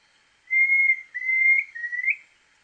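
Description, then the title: Planalto tyrannulet gives a series of three pure whistled notes, the first two fairly level, the last starting lower and rising at its end; quiet surroundings. Subspecies brevirostris. "LuckyPassaro Completos2Sama. Planalto Tyrannulet (Phyllomyias fasciatus brevirostris)"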